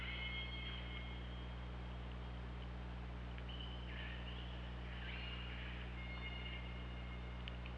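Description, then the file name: Orca calls, several soft buzzy calls and thin tonal lines, over loud steady low hum and hiss. Recorded by OrcaLab hydrophone underwater, 24 August 2017, around 19:00. "Orca Lab UTLN JASON 20170824 190028"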